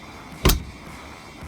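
A ceiling fan's downrod ball joint, resting in the ceiling mounting bracket, is twisted until it clicks into its slot. A single sharp broadband click sounds at 0.5 seconds over a quiet background, showing the joint is completely seated.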